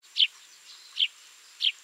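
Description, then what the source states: Eurasian tree sparrow calls: three short, bright chirps, spaced roughly three-quarters of a second apart, over a faint steady hiss. St Louis County.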